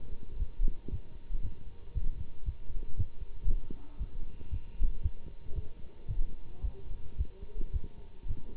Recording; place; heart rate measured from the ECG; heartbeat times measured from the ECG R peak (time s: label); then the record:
heart sounds by stethoscope; between the tricuspid and mitral areas; 114 bpm
0.38 s: heartbeat
0.90 s: heartbeat
1.41 s: heartbeat
1.93 s: heartbeat
2.44 s: heartbeat
2.96 s: heartbeat
3.47 s: heartbeat
3.98 s: heartbeat
4.49 s: heartbeat
5.01 s: heartbeat
5.54 s: heartbeat
6.07 s: heartbeat
6.61 s: heartbeat
7.17 s: heartbeat
7.72 s: heartbeat
8.27 s: heartbeat
From the record:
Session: Bruce protocol treadmill stress test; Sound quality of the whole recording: good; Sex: male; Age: 24 years